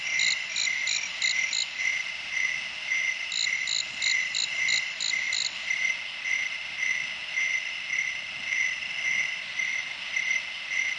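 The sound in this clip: Cicada singing a constant high, rasping drone, joined by bursts of quick, higher ticking pulses near the start and middle.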